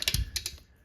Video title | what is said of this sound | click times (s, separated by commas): Harley Top End Rebuild Part 6 - Finishing Up The Cylinder and Cleaning Induction System! | you hear that satisfying click | 0.4 s